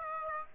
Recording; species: mosquito wingbeat signal from an infrared sensor; Aedes aegypti